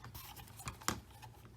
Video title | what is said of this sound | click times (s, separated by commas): Triplefine TF35 PRO is SJRC F22S and HOLYSTONE HS600 WITH REMOTE ID | so you just push down rotate and it comes off it is springloaded locks | 0.9 s